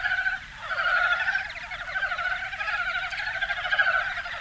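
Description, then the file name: Korean brown frogs in a thick chorus, fast, overlapping pulsed croaking that dips briefly near the start and then continues unbroken to the end. "Rana Uenoi Is Calling"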